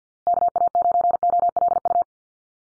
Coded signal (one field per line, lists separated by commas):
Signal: Morse code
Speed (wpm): 50 wpm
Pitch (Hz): 700 Hz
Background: none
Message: KA9OLU